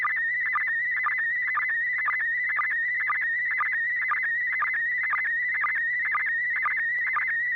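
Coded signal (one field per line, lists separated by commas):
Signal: SSTV (slow-scan television)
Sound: warbling, buzzy tone near 2 kHz with rhythmic low chirps about twice per second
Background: low steady hum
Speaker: This net serves for training and practice in image transmission modes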